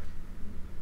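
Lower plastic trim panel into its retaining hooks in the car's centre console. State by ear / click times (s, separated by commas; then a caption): not seated / none. A lower plastic trim panel is handled as it is pressed back toward its original retaining hooks in the centre console of a Seat Arona/Ibiza, which gets snap-in fitting because those hooks were left in place, during a DIY install of second-row air vents. Only a low, steady rumble of handling noise is heard with no sharp transients. Nothing has seated or clicked yet.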